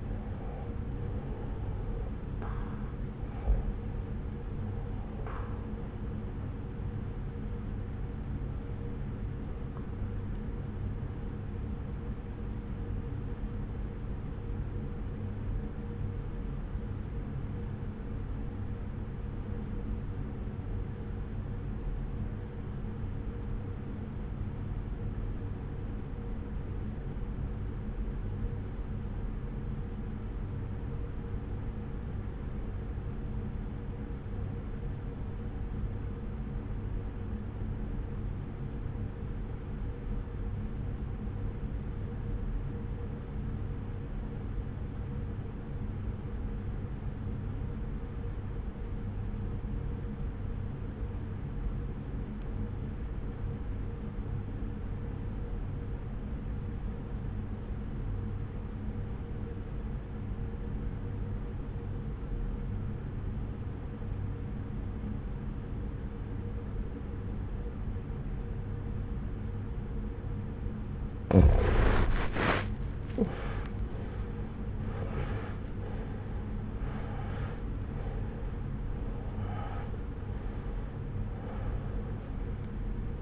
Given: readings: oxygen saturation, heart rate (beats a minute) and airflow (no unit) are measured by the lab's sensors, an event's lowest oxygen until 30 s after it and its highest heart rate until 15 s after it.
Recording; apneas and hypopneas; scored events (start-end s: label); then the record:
breathing in sleep by a smartphone at the bedside; 1
11.00-72.60 s: obstructive apnea (N1, oxygen 96% highest, then 78% lowest)
70.00-83.22 s: new sleep stage, awake
72.00-83.22 s: awake
From the record:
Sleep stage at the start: N1 (lightest sleep); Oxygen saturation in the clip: 84 to 96%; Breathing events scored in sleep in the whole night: 303 in 8.1 hours asleep